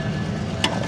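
On the other side of the same fire truck bracket, a second rusted steel bolt is broken off, snapping with a single sharp crack at 0.6 s over a steady low rumble. The bolt snaps off completely.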